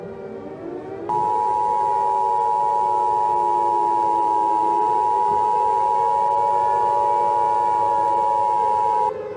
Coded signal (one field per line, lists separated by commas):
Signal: Emergency Alert System (SAME) tones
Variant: 853 and 960 Hz attention tone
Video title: AW336 ARCHIVES | EAS Scenario - Golden Gate Bridge Collapse (REMASTERED) (2019)